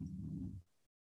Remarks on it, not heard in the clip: My dog is snoring. He somehow always hits the snore.